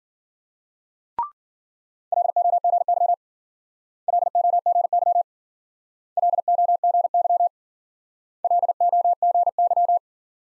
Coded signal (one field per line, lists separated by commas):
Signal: Morse code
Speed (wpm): 51 wpm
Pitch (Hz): 700 Hz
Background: none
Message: LOGY LOGY LOGY LOGY